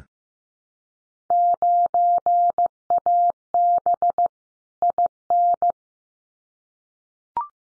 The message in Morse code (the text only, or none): 9AB IN